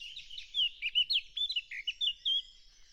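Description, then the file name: Eurasian blackcap song: a rapid series of loud, clear whistled notes, each slightly different. "Sylvia atricapilla"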